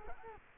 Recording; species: mosquito wingbeat signal from an infrared sensor; Culex quinquefasciatus